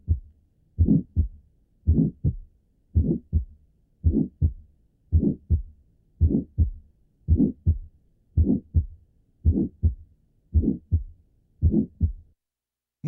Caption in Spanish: Muchos de estos soplos inocentes tienen un timbre vibratorio muy característico el soplo deberá ser auscultado con el receptor de campana el soplo sistólico inocente, cuya intensidad máxima se encuentra en el área mesocárdica y el borde izquierdo del esternón, se propaga ampliamente tomando en cuenta su baja intensidad.